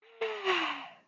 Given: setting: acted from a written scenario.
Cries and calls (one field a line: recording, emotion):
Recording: vocal sound without words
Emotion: relief